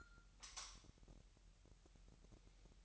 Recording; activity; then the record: daily activity, microphone in the room; light off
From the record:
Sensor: 3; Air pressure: 1001.8 hPa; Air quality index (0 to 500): 249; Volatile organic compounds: 51 ppm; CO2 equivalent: 3305 ppm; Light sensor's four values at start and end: 12/33/13/12 and 6/13/5/5